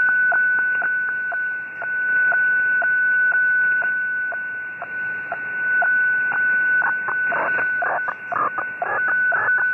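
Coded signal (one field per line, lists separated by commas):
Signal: weather fax (radiofax)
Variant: 120 lines per minute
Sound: steady whistle-like tone with a soft tick twice a second over hiss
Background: radio static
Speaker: that's the Boston weather facts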